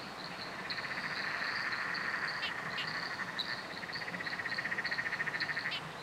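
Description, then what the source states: Frog chorus at night, rapid pulsed trills overlapping with higher clicking notes, many callers at once. Nocturnal frog chorus recorded at night under a bridge in Royal National Park.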